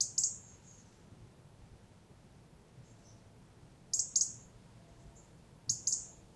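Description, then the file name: European robin giving very high, thin, sharp call notes in quick pairs, three bursts at uneven intervals over faint low background hiss. "Erithacus rubecula"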